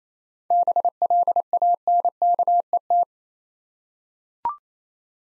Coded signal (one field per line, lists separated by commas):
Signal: Morse code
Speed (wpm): 28 wpm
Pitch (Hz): 700 Hz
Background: none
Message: BLANKET